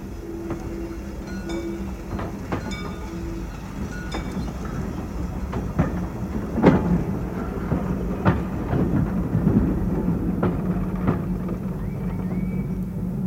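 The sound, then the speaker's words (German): A freight train carrying fine coal from the Josefine 1 pit to the gasworks rolls by a level crossing as the barrier is lowered, with a steady low rumble, sharp irregular clanks of wheels over rail joints and a faint steady hum, growing slightly louder through the middle. “Man sieht den Zug nicht. Noch deckt ihn die Kurve.”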